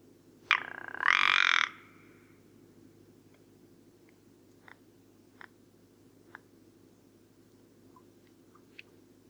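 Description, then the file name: Rock ptarmigan calls with a sharp note and then a loud, dry, grating rattle, followed by quiet, sparse ticking sounds. Recorded at Karwendelspitze on 6 July 2014. "Alpenschneehuhn. Karwendelspitze. Michle Pron"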